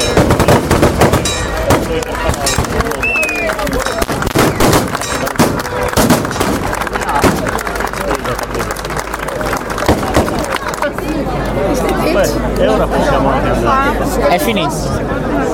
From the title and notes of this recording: S'Ardia - an ancestral rite in Sedilo (soundscape).